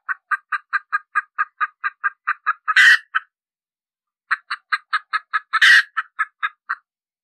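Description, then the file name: Red junglefowl hen cackling, two runs of fast clucks each climaxing in a loud, harsh squawk, with a pause between them. Hen, cackling (cục tác). "Tieng ga mai rung cuc tac de"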